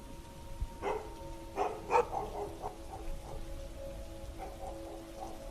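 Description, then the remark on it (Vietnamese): Heavy rain and wind hiss steadily at night outside a small house in a village while village dogs bark in a scattered, irregular way, with a few louder barks in the first couple of seconds and fainter ones trailing after. “Tiếng mưa gió hòa cùng với tiếng chó ở trong làng cắn nhấm nhằng làm cho không khí càng thêm quái đản.”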